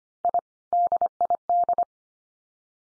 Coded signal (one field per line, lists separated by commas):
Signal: Morse code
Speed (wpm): 25 wpm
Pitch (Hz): 700 Hz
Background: none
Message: I DID